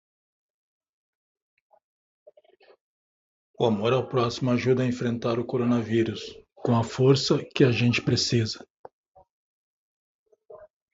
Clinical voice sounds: spoken sentence; Brazilian Portuguese; male; 50 to 59 years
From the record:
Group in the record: control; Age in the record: 56 years

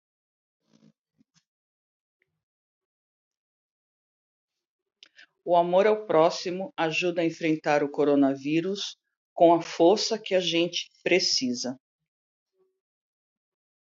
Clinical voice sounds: spoken sentence; Brazilian Portuguese; female; 60 to 69 years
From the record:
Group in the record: control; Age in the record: 61 years

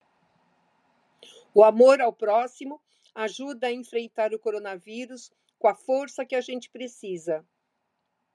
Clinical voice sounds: spoken sentence; Brazilian Portuguese; female; 60 to 69 years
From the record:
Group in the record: control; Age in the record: 67 years

